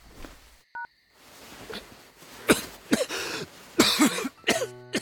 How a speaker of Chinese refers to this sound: 边南觉得自己嗓子有点发紧，挂掉电话之后，他狠狠地咳嗽了几声。